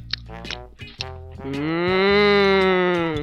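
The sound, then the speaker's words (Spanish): A grazing cow lets out a long, loud moo that swells and holds steady for nearly two seconds, preceded by a few shorter, lower grunting lows. “El ratón, cada vez más impaciente, fue donde la vaca, que andaba pastando hierba.”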